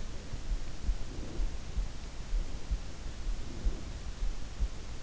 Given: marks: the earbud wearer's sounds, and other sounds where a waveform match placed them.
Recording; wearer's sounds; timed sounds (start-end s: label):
sounds in sleep by an in-ear microphone; breath
0.51-2.20 s: breath
3.00-4.62 s: breath